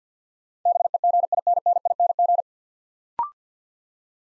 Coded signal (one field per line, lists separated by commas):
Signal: Morse code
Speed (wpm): 50 wpm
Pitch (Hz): 700 Hz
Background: none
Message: BEGINNING